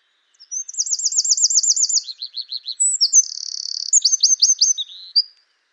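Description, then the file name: Eurasian wren singing a loud, high, hurried phrase: a fast rolling trill, a run of sharp falling notes, then buzzy and chattering elements before stopping abruptly. "Troglodytes troglodytes"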